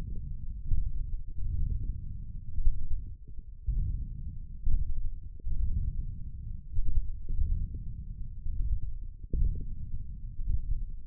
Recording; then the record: forearm muscle sounds (acoustic myography)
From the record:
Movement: wrist extension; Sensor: system 1, eight BSWA MPA416 microphones around the upper forearm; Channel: 1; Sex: male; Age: 20 years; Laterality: left